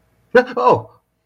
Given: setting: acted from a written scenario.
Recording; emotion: vocal sound without words; negative surprise